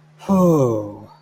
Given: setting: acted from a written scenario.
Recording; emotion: vocal sound without words; relief